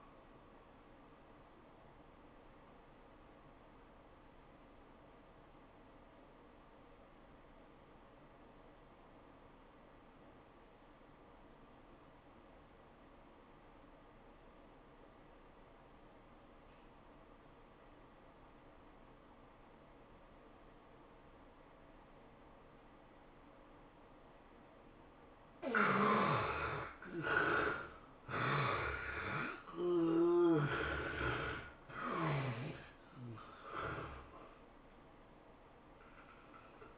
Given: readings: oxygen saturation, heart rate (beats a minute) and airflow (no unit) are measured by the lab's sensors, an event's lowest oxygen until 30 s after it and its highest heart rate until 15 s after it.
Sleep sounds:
breathing in sleep by a voice recorder at the bedside; 1
9.00-25.70 s: obstructive apnea (N1, oxygen 97% highest, then 68% lowest, heart rate 96 at the start, 107 highest)
From the record:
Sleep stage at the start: N1 (lightest sleep); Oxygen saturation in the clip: 72 to 97%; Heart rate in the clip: 80 to 107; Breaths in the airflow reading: 4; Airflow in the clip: -12.3 to 13.4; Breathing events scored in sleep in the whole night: 403 in 5.5 hours asleep

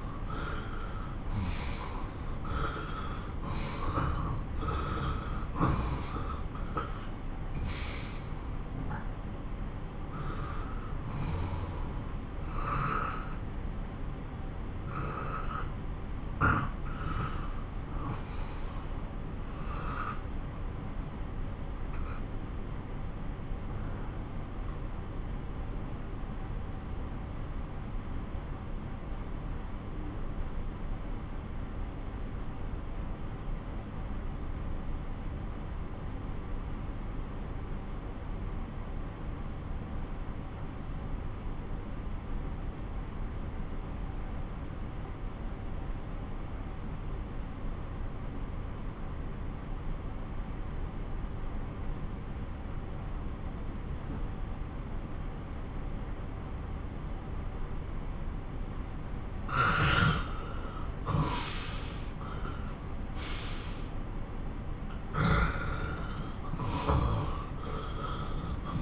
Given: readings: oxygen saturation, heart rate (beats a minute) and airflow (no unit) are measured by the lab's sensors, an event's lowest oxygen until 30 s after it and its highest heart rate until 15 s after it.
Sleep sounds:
breathing in sleep by a smartphone at the bedside; 1
17.00-58.70 s: obstructive apnea (N2, oxygen 97% highest, then 90% lowest)
66.00-68.82 s: new sleep stage, N1 (lightest sleep)
From the record:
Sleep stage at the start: N2 (light sleep); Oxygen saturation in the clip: 90 to 97%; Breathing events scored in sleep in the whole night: 217 in 6.3 hours asleep

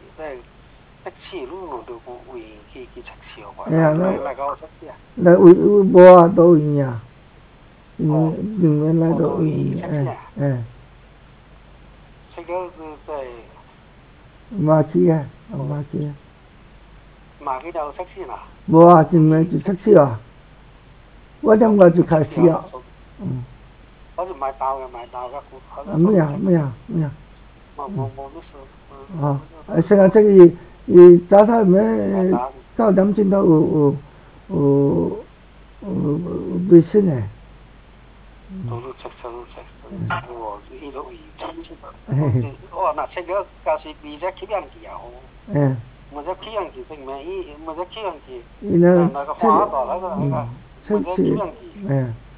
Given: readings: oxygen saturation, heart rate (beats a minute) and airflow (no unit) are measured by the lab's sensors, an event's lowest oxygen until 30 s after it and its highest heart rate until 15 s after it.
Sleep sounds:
a person awake in a sleep study, by a voice recorder at the bedside; none
0.00-52.38 s: awake
From the record:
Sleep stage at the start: awake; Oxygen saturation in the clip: 95 to 96%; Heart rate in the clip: 68 to 74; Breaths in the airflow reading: 18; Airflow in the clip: -4.9 to 6.7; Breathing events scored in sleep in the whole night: 270 in 6.1 hours asleep

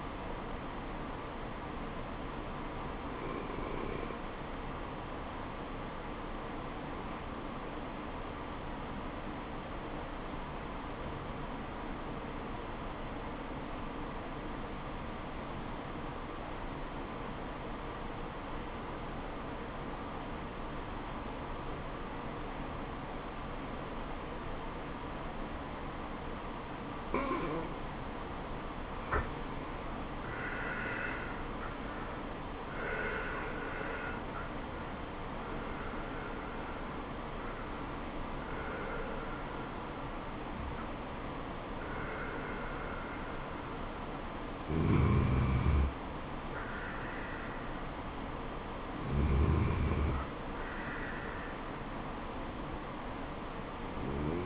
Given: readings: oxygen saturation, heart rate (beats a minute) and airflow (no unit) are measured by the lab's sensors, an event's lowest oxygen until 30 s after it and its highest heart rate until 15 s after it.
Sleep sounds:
breathing in sleep by a voice recorder at the bedside; 1
7.00-30.60 s: obstructive apnea (N2, oxygen 96% highest, then 85% lowest, heart rate 77 at the start, 78 highest)
27.00-54.46 s: new sleep stage, N1 (lightest sleep)
From the record:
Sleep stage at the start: N2 (light sleep); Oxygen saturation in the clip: 85 to 96%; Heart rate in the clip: 70 to 78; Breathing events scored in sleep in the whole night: 426 in 7.4 hours asleep

